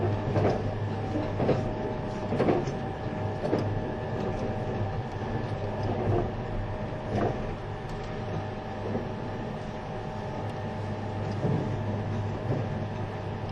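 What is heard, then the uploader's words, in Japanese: Running sound of a train: a steady low rumble and hum, with rhythmic clacks roughly every second early on, thinning out later. E257系 あずさ19号03 甲府～松本。音の旅(走行音)。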